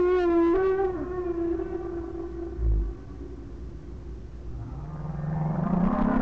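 Whale moan: a harmonic wavering tone fading out after about a second, followed by low rumbling and a rising broad swell of noise.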